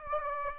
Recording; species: mosquito wingbeat signal from an infrared sensor; Aedes aegypti